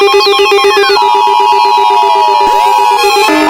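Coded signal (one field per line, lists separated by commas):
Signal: Emergency Alert System (SAME) tones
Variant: 853 and 960 Hz attention tone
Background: music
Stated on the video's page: Fictional EAS scenario; the alert is simulated.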